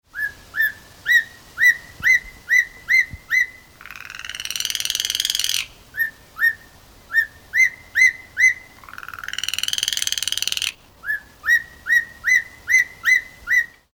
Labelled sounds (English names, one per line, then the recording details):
Black-collared Starling
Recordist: Tembrock, Günter
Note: Rufe mehrerer Vögel